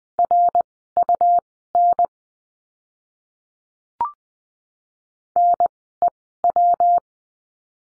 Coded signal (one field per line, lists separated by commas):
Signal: Morse code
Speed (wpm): 20 wpm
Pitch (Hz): 700 Hz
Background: none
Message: RUN NEW